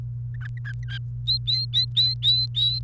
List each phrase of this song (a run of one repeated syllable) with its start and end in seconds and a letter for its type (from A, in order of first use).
0.34-0.98 A, 1.27-2.79 B